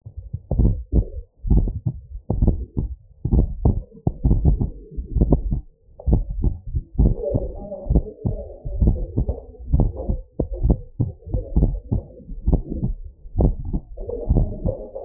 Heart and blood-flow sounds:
heart sounds
0.00	0.02	S2
0.02	0.56	diastole
0.56	0.74	S1
0.74	0.94	systole
0.94	1.06	S2
1.06	1.50	diastole
1.50	1.66	S1
1.66	1.86	systole
1.86	1.94	S2
1.94	2.40	diastole
2.40	2.54	S1
2.54	2.78	systole
2.78	2.88	S2
2.88	3.32	diastole
3.32	3.48	S1
3.48	3.66	systole
3.66	3.78	S2
3.78	4.24	diastole
4.24	4.40	S1
4.40	4.62	systole
4.62	4.70	S2
4.70	5.16	diastole
5.16	5.30	S1
5.30	5.50	systole
5.50	5.62	S2
5.62	6.08	diastole
6.08	6.24	S1
6.24	6.44	systole
6.44	6.54	S2
6.54	6.98	diastole
6.98	7.12	S1
7.12	7.34	systole
7.34	7.44	S2
7.44	7.90	diastole
7.90	8.04	S1
8.04	8.26	systole
8.26	8.36	S2
8.36	8.80	diastole
8.80	8.96	S1
8.96	9.18	systole
9.18	9.28	S2
9.28	9.72	diastole
9.72	9.86	S1
9.86	10.08	systole
10.08	10.18	S2
10.18	10.62	diastole
10.62	10.76	S1
10.76	11.00	systole
11.00	11.10	S2
11.10	11.56	diastole
11.56	11.70	S1
11.70	11.92	systole
11.92	12.02	S2
12.02	12.48	diastole
12.48	12.60	S1
12.60	12.82	systole
12.82	12.94	S2
12.94	13.40	diastole
13.40	13.54	S1
13.54	13.72	systole
13.72	13.82	S2
13.82	14.30	diastole
14.30	14.46	S1
14.46	14.66	systole
14.66	14.74	S2
14.74	15.05	diastole
From the record:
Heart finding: normal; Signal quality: good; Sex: male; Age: 74 years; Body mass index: 21.6

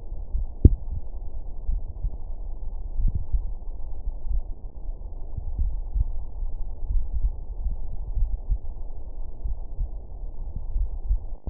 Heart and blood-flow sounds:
heart sounds
0.00	0.34	diastole
0.34	0.48	S1
0.48	0.66	systole
0.66	0.80	S2
0.80	1.68	diastole
1.68	1.82	S1
1.82	2.02	systole
2.02	2.12	S2
2.12	2.98	diastole
2.98	3.12	S1
3.12	3.32	systole
3.32	3.46	S2
3.46	4.30	diastole
4.30	4.42	S1
4.42	4.62	systole
4.62	4.70	S2
4.70	5.56	diastole
5.56	5.74	S1
5.74	5.94	systole
5.94	6.08	S2
6.08	6.92	diastole
6.92	7.06	S1
7.06	7.22	systole
7.22	7.34	S2
7.34	8.16	diastole
8.16	8.30	S1
8.30	8.50	systole
8.50	8.60	S2
8.60	9.44	diastole
9.44	9.56	S1
9.56	9.78	systole
9.78	9.90	S2
9.90	10.74	diastole
10.74	10.88	S1
10.88	11.08	systole
11.08	11.20	S2
11.20	11.50	diastole
From the record:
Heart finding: coronary artery disease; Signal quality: good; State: rest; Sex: male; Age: 62 years

